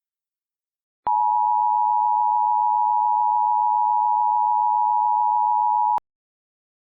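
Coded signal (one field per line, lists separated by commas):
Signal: Emergency Alert System (SAME) tones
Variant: 853 and 960 Hz attention tone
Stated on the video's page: Fictional EAS scenario.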